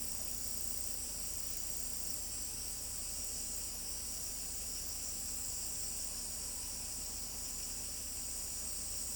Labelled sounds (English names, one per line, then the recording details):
none
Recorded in pastures near Pivijay, Magdalena, Colombia, on 4 June 2023 at 00:30
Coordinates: 10.456, -74.369
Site P6-G026